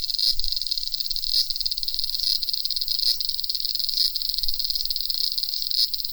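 Cicada song, a steady high buzzing drone with faint pulses roughly every second; no other clear sounds.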